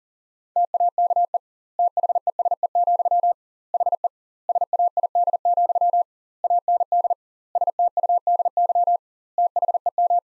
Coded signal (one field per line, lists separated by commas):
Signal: Morse code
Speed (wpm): 40 wpm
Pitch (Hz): 700 Hz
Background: none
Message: TAKE THESE, HE SAID, AND STUDY THEM